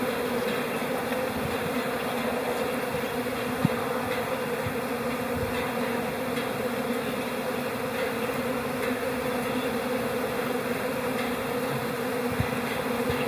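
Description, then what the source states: Honey bee colony hum, a constant low buzzing drone. Hive chatter in April.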